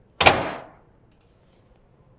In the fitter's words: And you'll hear it latch here.